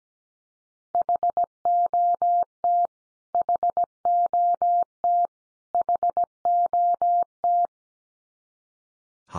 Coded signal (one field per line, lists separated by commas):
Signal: Morse code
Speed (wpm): 17 wpm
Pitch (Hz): 700 Hz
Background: none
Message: HOT HOT HOT